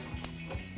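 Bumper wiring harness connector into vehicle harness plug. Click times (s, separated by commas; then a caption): 0.2 s. A bumper wiring harness connector is pressed by hand into its mating harness plug on a 2015-2023 Challenger. A single sharp click comes at 0.3 s over a low steady hum, with soft low thumps just before and after. The connector is seated.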